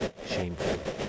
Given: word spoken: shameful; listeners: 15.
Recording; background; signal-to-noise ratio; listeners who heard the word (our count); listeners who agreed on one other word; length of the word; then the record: one English word in noise, from a listening test; noise modulated by three-talker babble; -3.9 dB; 0 of 15; 12 of 15; 0.69 s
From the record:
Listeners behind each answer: 12, 1, 1, 1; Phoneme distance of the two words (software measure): 27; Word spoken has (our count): 2 syllables, 6 phonemes, stress on syllable 1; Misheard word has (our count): 2 syllables, 5 phonemes, stress on syllable 1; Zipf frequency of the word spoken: 3.35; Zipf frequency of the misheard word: 4.39